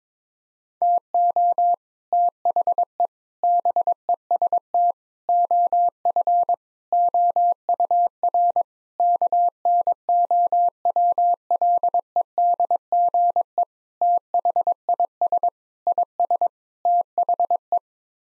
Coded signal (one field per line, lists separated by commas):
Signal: Morse code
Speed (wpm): 22 wpm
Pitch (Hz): 700 Hz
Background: none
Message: TO THE BEST OF OUR KNOWLEDGE THIS IS THE